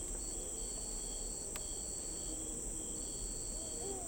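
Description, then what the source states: Crickets giving rapid, evenly pulsed high chirp trains, broken by a short pause, over a constant high hum and low rumbling background. Recorded at night in an urban park or residential suburban backyard.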